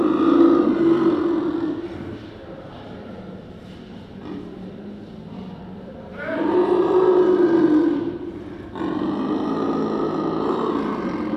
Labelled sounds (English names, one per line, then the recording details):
Leopard call
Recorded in captivity
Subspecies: delacouri
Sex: pair
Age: adult
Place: Tierpark Berlin, Berlin, DE
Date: 1968-03-03 09:00
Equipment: R 20/1, Sennheiser MD 421
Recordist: Tembrock, Günter